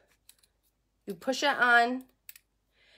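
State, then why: Seated. A hair brush attachment is pushed onto a blow-dry brush handle, which has a small lever that locks it in place. Someone talks, then a sharp snap is heard at 2.3 s as the attachment locks and seats on the handle.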